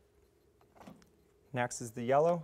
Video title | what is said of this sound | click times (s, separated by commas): Epson T3270 - T5270 - T7270 Single Role Setup | until you hear it Go click | 1.0 s